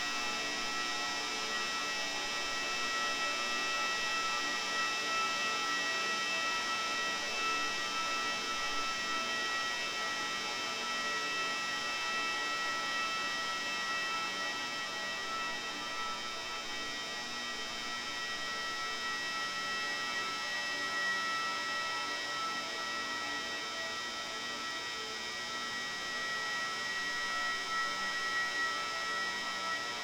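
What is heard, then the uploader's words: A layered room tone plays as a steady, unbroken drone, thick with many fixed humming tones stacked from low to bright. Nothing starts or stops; the level stays even throughout, easing down only slightly in the last few seconds. The piece "Room" combines room tones sampled from several films, sfx libraries, with field recordings of other rooms and spaces.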